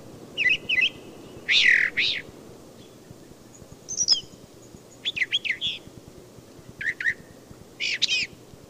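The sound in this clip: Brown thrasher song: varied burry and chirping phrases, several given in quick pairs, separated by short pauses over a steady low background hiss.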